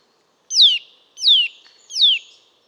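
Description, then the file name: Eurasian nuthatch giving three downslurred calls, each dropping steeply in pitch. "Sitta europaea"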